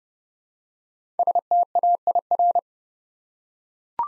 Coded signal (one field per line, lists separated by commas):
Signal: Morse code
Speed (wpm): 30 wpm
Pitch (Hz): 700 Hz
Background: none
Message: STAIR